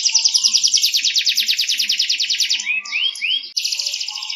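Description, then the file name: Canary song: a rapid, even trill of high notes, then three slower looping upslurred notes and a brief pause before another fast trill. "kenari kenzo milik om ujang misbach"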